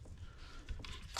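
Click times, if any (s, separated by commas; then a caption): 0.7 s, 0.9 s. On a 2.0L four-cylinder Kia Optima/Hyundai during a spark plug change, the plastic position lock on an ignition coil connector is pushed back into place by hand after the connector is seated. Two short, sharp clicks come at 0.7 s and 0.9 s over quiet background noise, with a louder burst of noise right at the end. The connector lock snaps in place.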